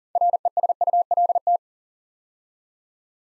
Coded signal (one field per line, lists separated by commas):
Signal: Morse code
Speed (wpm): 41 wpm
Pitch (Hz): 700 Hz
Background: none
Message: RESULT